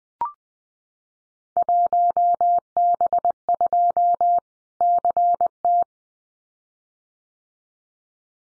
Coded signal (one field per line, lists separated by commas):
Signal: Morse code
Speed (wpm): 19 wpm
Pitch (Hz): 700 Hz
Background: none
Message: 1B2 CT